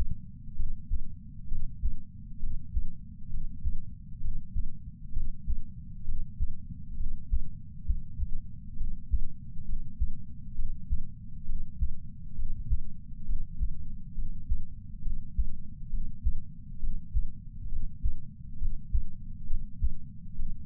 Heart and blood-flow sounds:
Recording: heart sounds by patch sensor on the chest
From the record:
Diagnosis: coronary artery disease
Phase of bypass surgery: intraoperative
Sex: male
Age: 69 years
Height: 165 cm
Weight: 60 kg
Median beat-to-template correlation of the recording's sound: 0.76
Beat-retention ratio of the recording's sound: 0.99

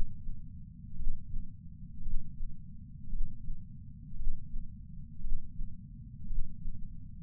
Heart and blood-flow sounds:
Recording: heart sounds by patch sensor on the chest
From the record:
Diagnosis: coronary artery disease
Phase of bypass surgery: intraoperative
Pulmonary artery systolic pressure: 28 mmHg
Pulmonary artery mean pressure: 14 mmHg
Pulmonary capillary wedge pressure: 11 mmHg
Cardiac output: 5.5 L/min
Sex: male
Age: 57 years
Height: 175 cm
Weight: 80 kg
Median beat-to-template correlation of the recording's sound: 0.94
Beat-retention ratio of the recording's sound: 0.97

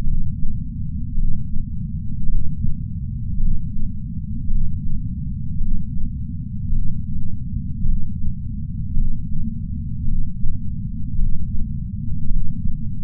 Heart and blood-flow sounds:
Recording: heart sounds by patch sensor on the chest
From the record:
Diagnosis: coronary artery disease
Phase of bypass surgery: intraoperative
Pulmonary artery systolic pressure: 24 mmHg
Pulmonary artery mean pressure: 20 mmHg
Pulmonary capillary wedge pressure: 12 mmHg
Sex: male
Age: 60 years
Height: 170 cm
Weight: 103 kg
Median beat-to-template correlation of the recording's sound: 0.88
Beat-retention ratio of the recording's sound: 0.98

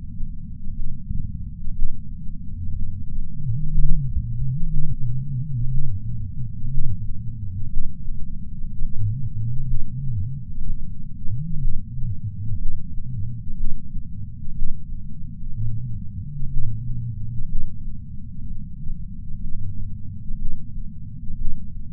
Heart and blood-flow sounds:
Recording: heart sounds by patch sensor on the chest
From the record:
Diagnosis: coronary artery disease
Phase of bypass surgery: preoperative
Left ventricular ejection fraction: 56.8%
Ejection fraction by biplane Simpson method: 51.5%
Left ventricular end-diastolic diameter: 44 mm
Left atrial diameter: 36 mm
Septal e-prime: 5.5 cm/s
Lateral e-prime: 7.2 cm/s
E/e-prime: 9.8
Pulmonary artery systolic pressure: 20 mmHg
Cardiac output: 4.1 L/min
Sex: male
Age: 71 years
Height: 160 cm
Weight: 67 kg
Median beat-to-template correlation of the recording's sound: 0.83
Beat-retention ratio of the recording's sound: 0.99

